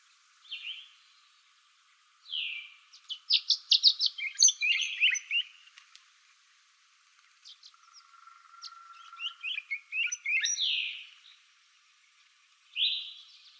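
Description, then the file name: Violet-green Swallow calls: a chattering series of quick high chirps and buzzy slurred notes in bursts, with a brief pause before a final call. Recorded 15 May 2006. "VGSW 2 deviche"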